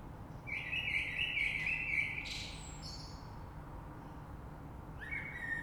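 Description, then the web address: Common blackbird song: a sustained, mellow warbling phrase, then high thin chittering, a pause, and the start of another low fluted phrase, over soft hiss. Recorded 3 March 2020. "oiseaux Rush Merle 3-3-2020"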